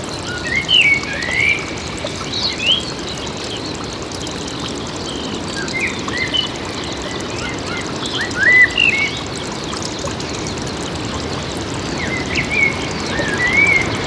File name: Sounds from a Grove Spring, Winds and the Blackbird